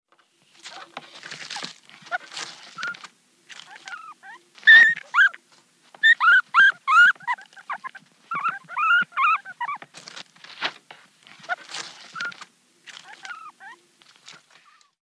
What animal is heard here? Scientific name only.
Cavia porcellus